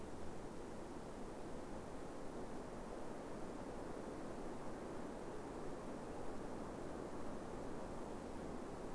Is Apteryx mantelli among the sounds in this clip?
no